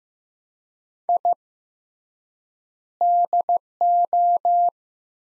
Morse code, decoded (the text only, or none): I DO